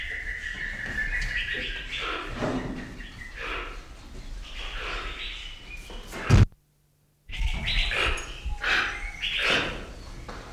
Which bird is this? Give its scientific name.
Ramphastos toco